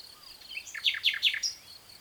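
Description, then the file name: Common nightingale song: a short phrase of three loud, sharp repeated notes, then a high clipped note, with a faint steady high drone. "Luscinia megarhynchos"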